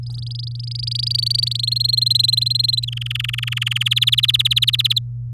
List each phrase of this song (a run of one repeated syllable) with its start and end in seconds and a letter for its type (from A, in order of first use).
0.03-1.57 A, 1.59-2.85 B, 2.87-3.89 C, 3.91-4.99 D